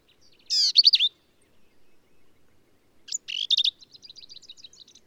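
Black-capped vireo song: two harsh, squeaky phrases followed by a trailing series of quick, soft ticking notes.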